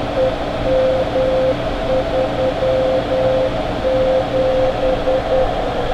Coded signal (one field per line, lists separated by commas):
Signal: Morse code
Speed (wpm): 10 wpm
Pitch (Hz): 520 Hz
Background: none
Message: EM37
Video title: Tropo Opening 3 September 2012 902 MHz and Above Contacts